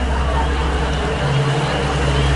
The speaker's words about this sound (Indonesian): Ketika sedang asik membaca buku, aku mendengar suara kerumunan orang banyak di luar sana. Lah, kok ramai-ramai gini sih?